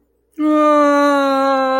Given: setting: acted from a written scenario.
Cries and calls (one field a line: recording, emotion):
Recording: vocal sound without words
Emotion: distress